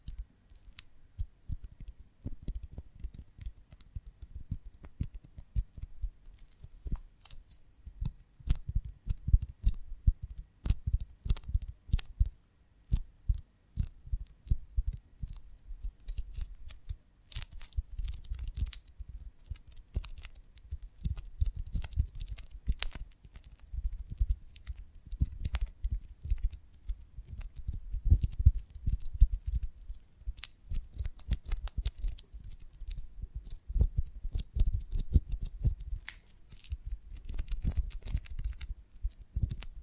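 ASMR sounds of a honeycomb on a branch: a dense, irregular stream of small clicks, crackles and soft taps running the whole time. Muffled low thumps come in clusters, with busier bursts around 8–12 and 27–30 seconds.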